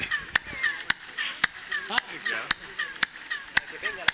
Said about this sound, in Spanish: es exactamente el mismo sonido del pájaro de verdad que cuando uno aplaude y se produce el eco